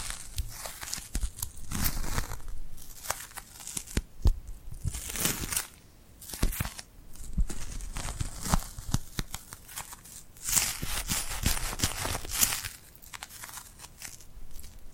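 Tingly glued hand sounds: sticky peeling, crackling and rubbing in dense bursts with short quiet gaps, bright and crisp throughout.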